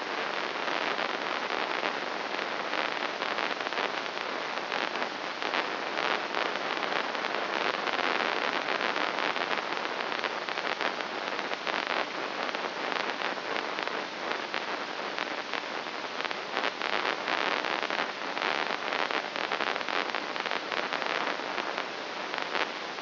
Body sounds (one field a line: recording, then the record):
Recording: brain microelectrode recording played as sound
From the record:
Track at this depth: inside the subthalamic nucleus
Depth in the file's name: 3.62 mm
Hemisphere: left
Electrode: 3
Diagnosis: Parkinson's disease